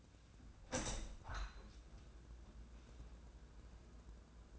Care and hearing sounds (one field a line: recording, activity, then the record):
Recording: daily activity, microphone in the room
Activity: open window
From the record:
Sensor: 2